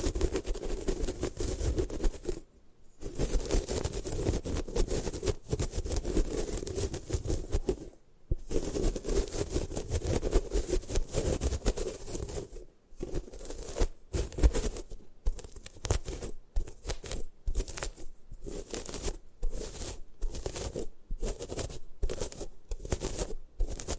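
Gym chalk is crushed and ground in a dense, gritty crunching that runs almost without letup for the first half. Sharp silent breaks cut in near 3 and 8 seconds, then come faster and more regularly after 13 seconds, chopping the crackling into short bursts.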